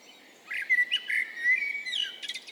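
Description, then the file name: Eurasian blackbird giving a short run of mellow, warbled whistles that rises into a brief high twitter at the end. "Turdus merula"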